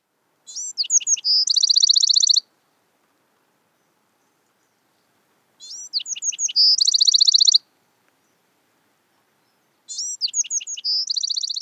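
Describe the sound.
Bewick's wren song: a few sharp, varied introductory notes followed by a fast, buzzy, even trill, repeated three times roughly every five seconds in quiet surroundings.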